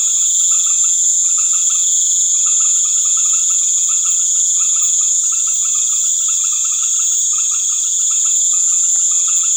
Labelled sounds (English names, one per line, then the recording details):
none
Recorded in pastures near Puerto Asís, Putumayo, Colombia, on 28 February 2025 at 19:00
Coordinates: 0.505, -76.324
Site GP08